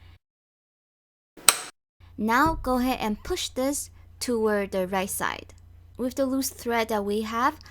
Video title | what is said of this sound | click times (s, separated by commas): How to Set Up Brother CS6000I Sewing Machine - Easy Step by Step Tutorial | you will hear a click sound once you know that it's set in there properly | 1.5 s